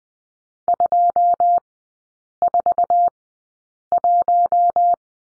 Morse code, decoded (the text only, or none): 241